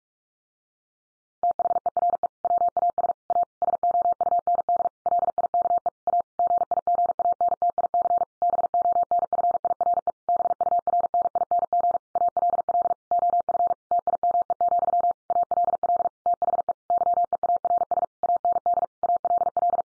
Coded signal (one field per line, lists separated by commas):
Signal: Morse code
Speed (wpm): 44 wpm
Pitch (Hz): 700 Hz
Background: none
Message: THERE WAS A SOUND LIKE A GIGANTIC BONFIRE BURNING ALL OF TIME, ALL THE YEARS AND ALL